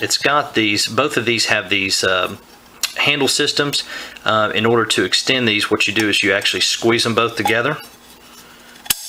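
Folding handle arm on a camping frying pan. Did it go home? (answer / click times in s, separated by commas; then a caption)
yes / 8.9 s. Someone talks while squeezing together the two metal arms of a folding handle on a LiTech camping frying pan and pulling them out to extend it. A short, sharp click at 8.9 s marks the handle locking into place in its extended position.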